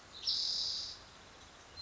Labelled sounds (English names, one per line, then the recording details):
Spotted Towhee
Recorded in Sonoma County, California